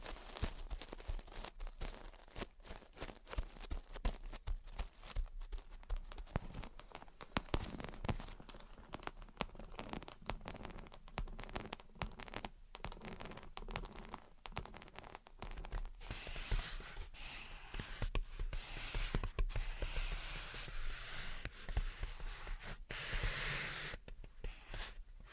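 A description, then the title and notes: Gentle tapping and scratching runs throughout, a dense stream of short, irregular ticks and clicks with no pauses. Soft hissy scraping rises in brightness after about sixteen seconds, with a brief brighter rasp near twenty-three seconds. Gentle Tapping and Scratching. (No Talking).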